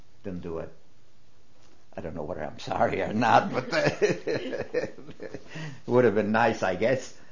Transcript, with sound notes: didn't do it. I don't know whether I'm sorry or not. ( he laughs ) It would have been nice, I guess.